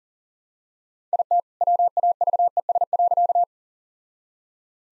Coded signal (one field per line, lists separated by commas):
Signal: Morse code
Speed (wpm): 40 wpm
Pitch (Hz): 700 Hz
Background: none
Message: IT WAVES.